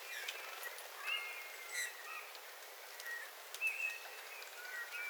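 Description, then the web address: Eurasian bullfinch song: a few soft, piping whistles, some slightly rising or falling, spaced irregularly over steady hiss and occasional faint ticks. Several bullfinches singing; recorded 13 February 2026. "paivat 13 2 2026 punatulkkujen laulua"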